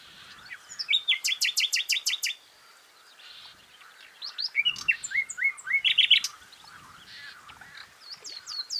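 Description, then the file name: Common nightingale song: a fast string of repeated loud notes, then varied whistles, rising slurs and a dense trill, ending in quieter notes. "Luscinia megarhynchos"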